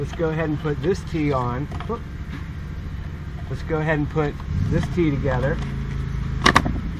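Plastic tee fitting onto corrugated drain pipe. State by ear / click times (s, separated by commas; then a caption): seated / 6.5 s, 6.6 s. A plastic tee fitting is pushed onto corrugated plastic drain pipe while someone talks over a low steady hum. Sharp snaps at 6.5 and 6.6 seconds mark the tee seating on the pipe, lined up with the section and popping up only slightly.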